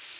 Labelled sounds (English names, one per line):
Palm Warbler flight call